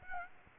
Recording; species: mosquito wingbeat signal from an infrared sensor; Aedes aegypti